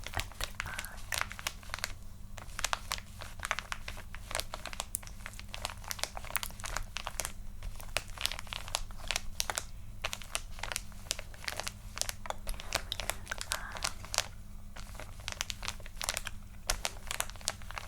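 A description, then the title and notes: Layered mouth sounds and tapping form a dense, uneven stream of sharp, crisp clicks and crackles that never lets up across the whole stretch. A steady low hum sits underneath, and the sound is dry. ASMR Tingles Overload Friend Does Your Skincare (Layeredmouth Soundstapping).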